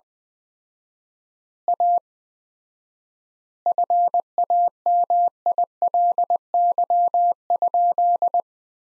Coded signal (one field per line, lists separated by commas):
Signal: Morse code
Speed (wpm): 21 wpm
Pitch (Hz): 700 Hz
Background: none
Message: A FAMILY?